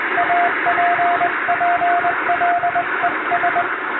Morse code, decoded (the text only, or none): APPLES